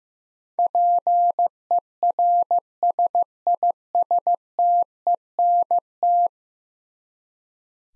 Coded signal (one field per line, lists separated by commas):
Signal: Morse code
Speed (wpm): 15 wpm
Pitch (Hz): 700 Hz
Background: none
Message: PERSISTENT